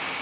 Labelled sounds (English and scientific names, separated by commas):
Ovenbird (Seiurus aurocapilla) flight call